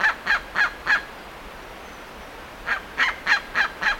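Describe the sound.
Bird giving a burst of four rasping calls, then a pause of under two seconds, then five more.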